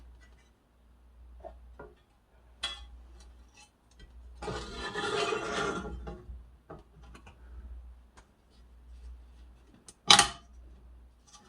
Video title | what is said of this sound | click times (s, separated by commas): How to build a PC in 2026 (Complete Tutorial) | And you could hear those four clips just snap right in there. | 2.6 s, 6.7 s, 9.9 s, 10.1 s